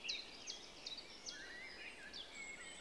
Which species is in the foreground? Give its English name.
Common Chiffchaff